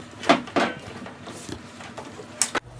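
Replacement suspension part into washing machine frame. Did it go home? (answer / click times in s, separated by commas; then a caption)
yes / 2.4 s. A replacement suspension part is pushed into a washing machine frame. Several muffled knocks and scrapes of handling are heard before a sharp, loud snap at 2.4 s as it seats in place.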